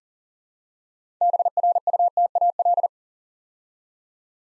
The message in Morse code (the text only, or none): BRUTAL